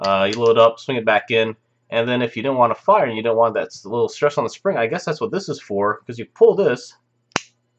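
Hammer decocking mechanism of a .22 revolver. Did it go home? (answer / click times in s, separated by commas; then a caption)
released / 7.4 s. Someone talks while loading a 9-shot .22 revolver and swinging the cylinder back in, then pulls the decocking control to let the hammer down and take stress off the spring. A single short, sharp snap sounds at 7.4 s as the hammer decocks.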